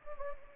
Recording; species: mosquito wingbeat signal from an infrared sensor; Anopheles gambiae